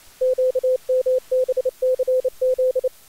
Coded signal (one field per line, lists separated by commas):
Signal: Morse code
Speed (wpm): 29 wpm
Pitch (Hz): 510 Hz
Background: none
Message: QMBCZ